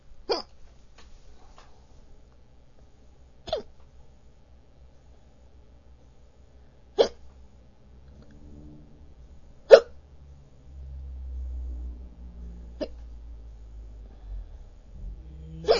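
An adult hiccupping: six sharp, abrupt hiccups at roughly three-second intervals, about 22 a minute and fairly steady. Each is a brief click-like gulp as the throat snaps shut. A low hum and faint background sounds run underneath.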